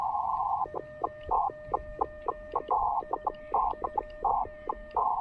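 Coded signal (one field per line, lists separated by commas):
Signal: Morse code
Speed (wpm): 18 wpm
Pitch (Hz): 1800 Hz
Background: none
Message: W9UUM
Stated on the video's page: CW on 30 meters from an Elecraft K2 QRP rig with CW Morse SP4 precision paddles during a park activation.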